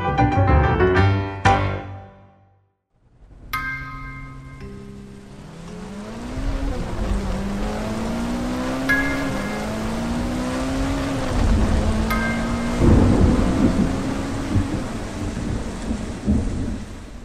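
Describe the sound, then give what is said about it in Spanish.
Heavy rain pours in a dense, steady hiss while deep thunder rumbles underneath, following a brief pause after a few opening tonal notes. “Llovía demasiado.”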